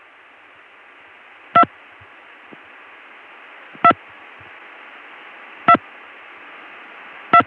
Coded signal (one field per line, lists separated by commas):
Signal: DTMF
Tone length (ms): 80 ms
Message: 2 2 2 2